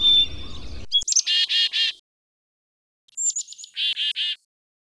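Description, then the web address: Chickadee giving two calls. Each has high thin notes and then a short run of harsh buzzy dee notes. Call variation. "timbillo. calls to know bc chickadee variation"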